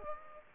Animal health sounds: mosquito wingbeat signal from an infrared sensor; Aedes aegypti

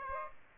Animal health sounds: mosquito wingbeat signal from an infrared sensor; Aedes aegypti

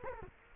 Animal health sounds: mosquito wingbeat signal from an infrared sensor; Culex quinquefasciatus

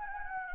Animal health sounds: mosquito wingbeat signal from an infrared sensor; Anopheles gambiae

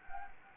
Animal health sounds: mosquito wingbeat signal from an infrared sensor; Anopheles gambiae

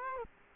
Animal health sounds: mosquito wingbeat signal from an infrared sensor; Culex quinquefasciatus

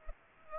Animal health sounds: mosquito wingbeat signal from an infrared sensor; Culex pipiens

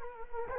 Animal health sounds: mosquito wingbeat signal from an infrared sensor; Culex quinquefasciatus

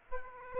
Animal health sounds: mosquito wingbeat signal from an infrared sensor; Aedes aegypti

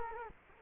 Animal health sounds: mosquito wingbeat signal from an infrared sensor; Culex quinquefasciatus

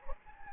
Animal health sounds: mosquito wingbeat signal from an infrared sensor; Anopheles gambiae

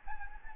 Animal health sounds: mosquito wingbeat signal from an infrared sensor; Anopheles gambiae

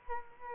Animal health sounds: mosquito wingbeat signal from an infrared sensor; Culex quinquefasciatus

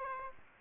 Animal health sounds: mosquito wingbeat signal from an infrared sensor; Aedes aegypti

